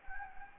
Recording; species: mosquito wingbeat signal from an infrared sensor; Anopheles gambiae